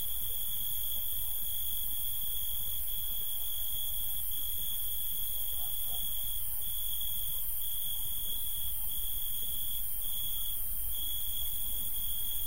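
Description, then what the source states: Crickets giving a steady, continuous high-pitched trill that hardly varies, over a constant low rumble of background noise. Crickets at night in a street.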